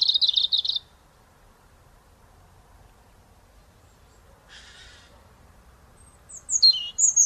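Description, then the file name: European robin song phrases, a high warbled burst at the start, a brief rough note midway, then thin high trills near the end over quiet background. "Erithacus rubecula"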